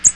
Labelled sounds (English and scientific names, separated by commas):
American Redstart (Setophaga ruticilla) flight call